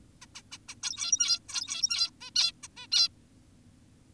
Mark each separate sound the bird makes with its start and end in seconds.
0.22-0.26, 0.35-0.42, 0.52-0.58, 0.69-0.75, 0.83-1.40, 1.49-2.10, 2.21-2.30, 2.36-2.52, 2.63-2.68, 2.77-2.87, 2.92-3.08